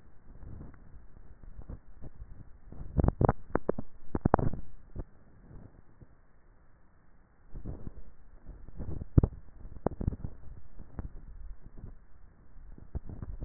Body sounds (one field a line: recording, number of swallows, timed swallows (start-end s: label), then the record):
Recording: swallowing sounds by neck microphone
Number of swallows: 2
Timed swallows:
2.68-3.68 s: swallow
8.82-9.82 s: swallow
From the record:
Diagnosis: dysphagia